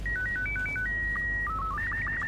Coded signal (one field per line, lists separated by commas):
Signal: SSTV (slow-scan television)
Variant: Robot 36